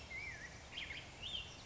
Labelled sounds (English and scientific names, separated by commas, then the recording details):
Black-headed Grosbeak (Pheucticus melanocephalus)
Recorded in Sonoma County, California